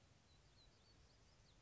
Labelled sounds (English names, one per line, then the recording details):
Song Sparrow
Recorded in Sonoma County, California